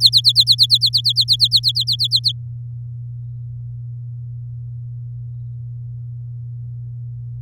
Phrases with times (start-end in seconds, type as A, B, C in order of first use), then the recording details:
0.00-2.32 A. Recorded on 7 May 2018 at 19:24. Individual llb16